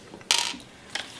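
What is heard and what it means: A snap-fit part is pressed by hand into a robot gearbox without tools, first sitting not quite flush. It seats with a sharp snap at 0.3 s, followed by a brief rattle of plastic. A smaller click follows near 1.0 s.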